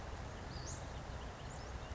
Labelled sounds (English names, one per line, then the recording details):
Western Flycatcher
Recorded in Sonoma County, California